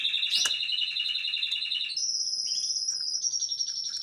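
Canary-type song: a steady high rolling trill, then a thinner higher trill, heard over a constant low background hiss and rumble.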